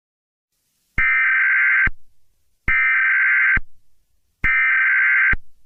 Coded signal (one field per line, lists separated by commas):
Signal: Emergency Alert System (SAME) tones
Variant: header bursts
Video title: EAS Scenario - Skin Walker Part One